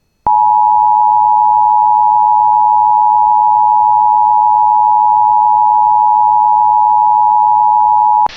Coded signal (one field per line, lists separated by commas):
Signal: Emergency Alert System (SAME) tones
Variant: 853 and 960 Hz attention tone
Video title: [EAS Compilation] Minnesota Statewide Severe Thunderstorm Madness! July 14 2023 Severe Outbreak